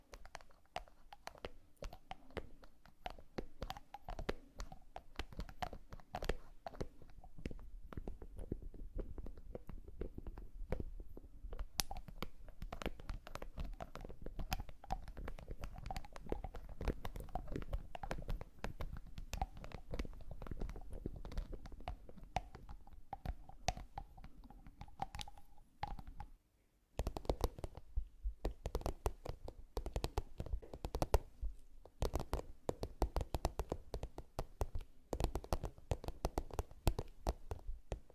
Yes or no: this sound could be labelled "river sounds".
no